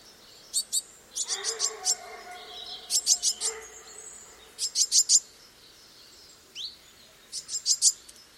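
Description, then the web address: Eurasian blue tit song of repeated high, fast trilled bursts, each a few quick notes, with a lower harmonic chatter and a rising note between them. "cianscape. Deverinetal"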